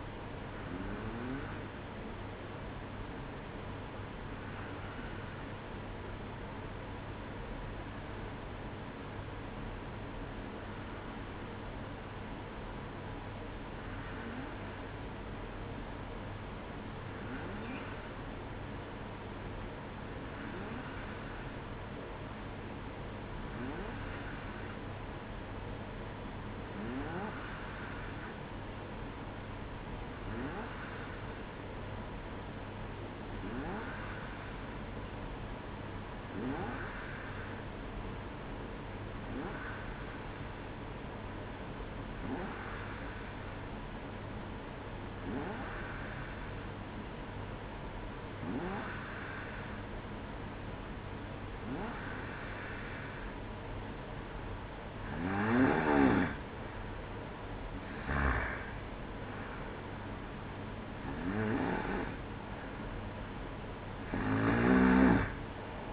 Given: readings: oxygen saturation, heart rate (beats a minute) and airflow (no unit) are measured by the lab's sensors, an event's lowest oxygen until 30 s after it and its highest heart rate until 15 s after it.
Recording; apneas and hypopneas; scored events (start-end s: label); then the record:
breathing in sleep by a voice recorder at the bedside; 1
4.00-53.20 s: hypopnea (N1, oxygen 95% highest, then 92% lowest, heart rate 57 at the start, 64 highest)
8.00-65.93 s: new sleep stage, N2 (light sleep)
From the record:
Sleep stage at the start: N1 (lightest sleep); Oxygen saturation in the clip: 92 to 95%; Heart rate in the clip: 57 to 64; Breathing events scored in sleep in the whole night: 305 in 9.6 hours asleep